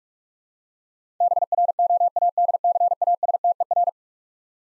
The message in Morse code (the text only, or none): BROADCASTER